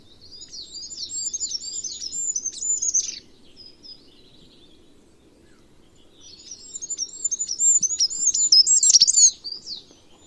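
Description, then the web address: Bird giving fast, high twittering chirps in two bursts separated by a quiet gap, over a soft low hum. "Bird Only"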